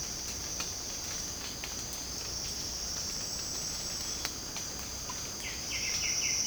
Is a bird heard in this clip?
yes